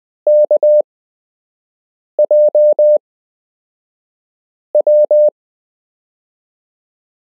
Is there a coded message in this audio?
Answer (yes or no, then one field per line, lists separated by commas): yes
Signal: Morse code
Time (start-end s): 0.3-5.3 s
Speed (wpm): 20 wpm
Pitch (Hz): 600 Hz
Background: none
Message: KJ W